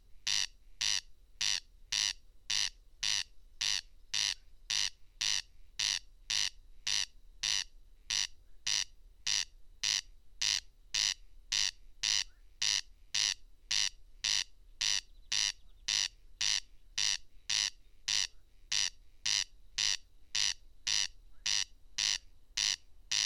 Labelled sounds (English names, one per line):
Corn Crake song